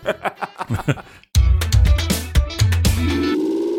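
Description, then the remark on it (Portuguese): A brief burst of laughter and voices gives way, after a short pause, to a loud, punchy musical jingle for the game segment Carros São Como Lanchas, with a heavy bass line and rhythmic hits that runs to the end. “Uma vinheta pro Carros São Como Lanchas”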